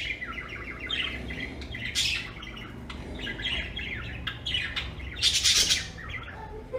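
Bird calls, a busy run of harsh, scratchy chirps with a few louder squawking bursts.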